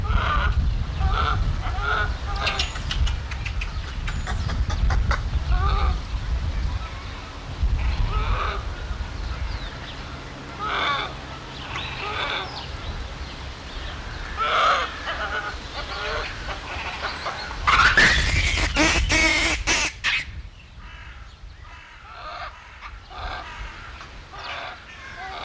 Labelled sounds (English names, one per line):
Japanese Macaque